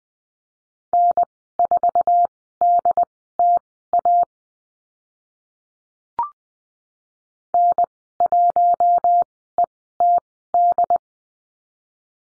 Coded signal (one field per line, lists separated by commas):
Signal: Morse code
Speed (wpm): 20 wpm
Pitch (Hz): 700 Hz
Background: none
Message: N4DTA N1ETD